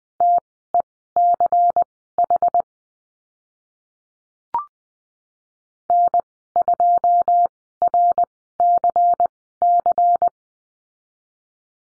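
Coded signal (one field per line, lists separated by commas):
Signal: Morse code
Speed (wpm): 20 wpm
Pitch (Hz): 700 Hz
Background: none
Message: TECH N2RCC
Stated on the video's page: Morse code course lesson on call signs, Farnsworth speed 20/10 wpm.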